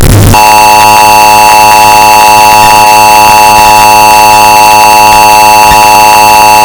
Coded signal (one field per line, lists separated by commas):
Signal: Emergency Alert System (SAME) tones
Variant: 853 and 960 Hz attention tone